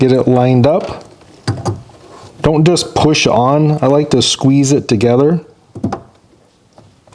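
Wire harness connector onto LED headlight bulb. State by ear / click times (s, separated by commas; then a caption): seated / 6.8 s, 7.1 s. Someone talks while lining up the plastic wire harness connector and squeezing it onto the back of an LED headlight bulb during an LED headlight upgrade on a 2015–2022 Colorado or Canyon. Faint clicks at 6.8 s and 7.1 s mark the connector locking into place, and it is then tugged to check that it is seated.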